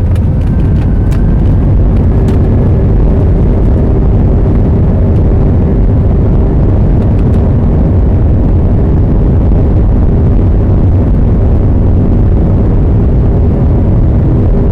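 A jet takes off with a steady, heavy low roar that fills the whole clip, a faint whine above and scattered sharp clicks early on.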